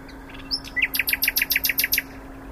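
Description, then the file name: Common nightingale song: a few soft introductory notes followed by a rapid, evenly repeated series of loud chirps over a low hum. "Luscinia megarhynchos"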